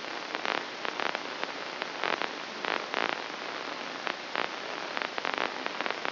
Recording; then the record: brain microelectrode recording played as sound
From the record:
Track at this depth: inside the subthalamic nucleus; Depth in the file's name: 6.705 mm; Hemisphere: left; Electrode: 2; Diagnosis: Parkinson's disease